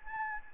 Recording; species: mosquito wingbeat signal from an infrared sensor; Anopheles gambiae